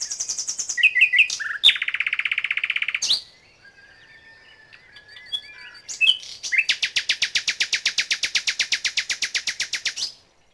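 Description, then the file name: Bird song: bright chirps, a buzzy trill, quiet twittering, then a long fast run of repeated harsh notes lasting about four seconds. "Macworld"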